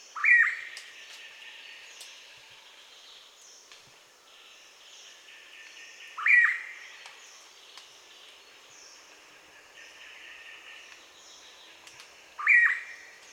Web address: blue pitta. صدای-پرنده-پیتای-کبود